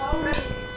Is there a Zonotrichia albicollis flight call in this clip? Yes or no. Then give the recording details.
no. No flight call is heard. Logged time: 23:37 on 2 September 2014